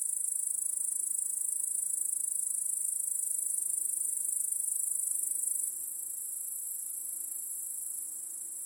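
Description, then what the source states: Crickets chirping in a dense, steady high-pitched trill that runs without pause, dropping slightly in loudness partway through. Crickets in a backyard at night.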